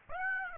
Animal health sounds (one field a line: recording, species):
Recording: mosquito wingbeat signal from an infrared sensor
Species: Aedes aegypti